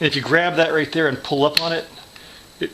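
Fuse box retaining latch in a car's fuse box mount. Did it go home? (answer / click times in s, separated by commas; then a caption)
released / 2.6 s. A man talks while pulling up on the small rectangular plastic latch at the front of the fuse box in a Jaguar XK8, so the box can come unhinged. After he stops, a short pop is heard at 2.6 s as the latch releases, this time more easily than the first time, which took a lot of force.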